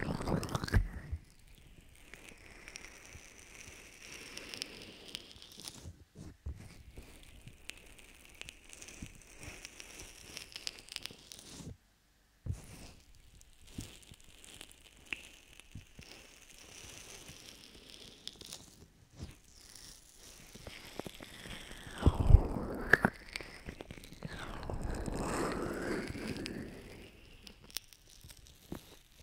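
Ear lotion, cleaning, cupping and massage sounds: soft crinkling, rubbing and wet squishing come in irregular bursts, with brief silent gaps near 12 seconds. A louder stretch of muffled cupping and rustling swells from about 21 to 27 seconds, with sharp crackles around 22 seconds.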